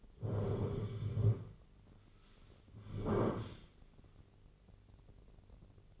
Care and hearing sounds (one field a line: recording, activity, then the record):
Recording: daily activity, microphone in the room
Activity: sit down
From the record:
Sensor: 4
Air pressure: 1010.0 hPa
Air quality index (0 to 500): 184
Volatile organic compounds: 3 ppm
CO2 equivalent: 1324 ppm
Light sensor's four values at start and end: 39/96/40/43 and 39/96/40/43